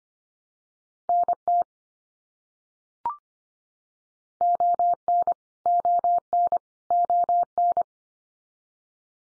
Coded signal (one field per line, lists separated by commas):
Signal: Morse code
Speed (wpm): 25 wpm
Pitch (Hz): 700 Hz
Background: none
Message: NT ON ON ON